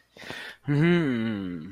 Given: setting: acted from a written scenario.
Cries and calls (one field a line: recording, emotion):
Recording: vocal sound without words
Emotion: pride